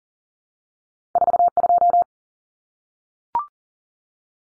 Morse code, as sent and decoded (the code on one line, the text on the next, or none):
....- ..---
42